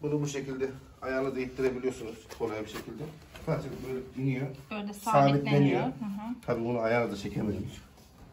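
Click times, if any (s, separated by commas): none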